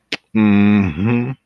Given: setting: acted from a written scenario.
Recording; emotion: vocal sound without words; pride